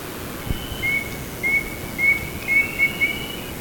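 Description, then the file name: Chestnut-naped Antpitta call: a series of about six short, clear whistled notes at a steady pitch, spaced unevenly over two and a half seconds, with a soft hiss behind. "Grallaria nuchalis - Chestnut-naped Antpitta"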